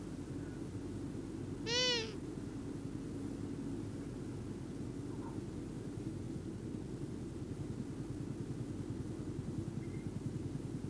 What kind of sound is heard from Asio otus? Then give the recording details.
call. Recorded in the wild. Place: Bergen, Insel Rügen, Mecklenburg-Vorpommern, DE. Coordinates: 54.421, 13.447. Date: 1976-04-17. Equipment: Nagra III BH, Sennheiser MD 21, parabola. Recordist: Schubert, Michael